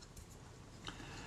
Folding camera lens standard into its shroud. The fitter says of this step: it through and of course it just clicks into place